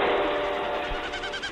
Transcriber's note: train whistle; Winnowing of a Wilson’s Snipe